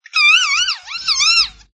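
Kea call: a loud, nasal, wavering screech in two drawn-out parts with a brief dip between, harmonically rich, lasting under two seconds.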